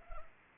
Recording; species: mosquito wingbeat signal from an infrared sensor; Culex pipiens